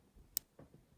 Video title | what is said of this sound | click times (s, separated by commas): Pilot Hi-Tecpoint Vintage Executive Pen Review | it clicks it locks in place | 0.4 s